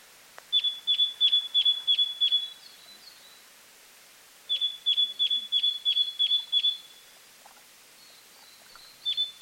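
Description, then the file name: Great tit giving two clear runs of sharp, high metallic notes and the start of a third, over soft background hiss with faint thin calls. "Parus major"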